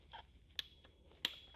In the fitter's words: And they'll snap into place.